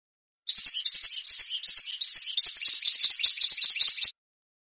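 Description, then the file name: European goldfinch song, a fast, tinkling twitter of high liquid notes and short trills running for about three and a half seconds, with no other sounds. "suara burung chardonneret atau goldfinch eropa om kicau"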